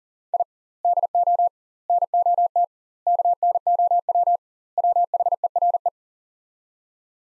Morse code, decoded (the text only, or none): I DO NOT KNOW WHERE